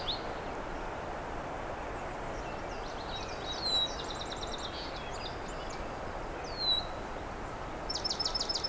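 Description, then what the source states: White-crowned Sparrow song, faint high whistled notes sliding downward with short trills, heard under a steady broad rush of background noise. Migrant, not a loud singer, kind of squeaky; very active, eating bugs; early morning, 19 May 2023, along the Crane River toward Scugog Lake.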